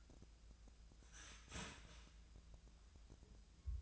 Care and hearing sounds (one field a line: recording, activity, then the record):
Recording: daily activity, microphone in the room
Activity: start toaster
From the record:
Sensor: 2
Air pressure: 1000.0 hPa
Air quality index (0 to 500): 152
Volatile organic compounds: 2 ppm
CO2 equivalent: 1280 ppm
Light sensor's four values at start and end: 25/63/27/29 and 25/62/26/29